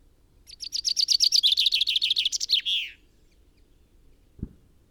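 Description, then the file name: Common chaffinch song: a fast run of bright notes dropping in pitch, ending in a short flourish, then a single low thump. "Fringilla coelebs"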